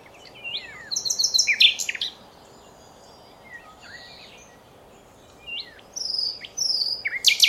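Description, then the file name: Common nightingale giving varied whistled and slurred phrases with short rapid note runs, pausing between phrases. "Luscinia megarhynchos"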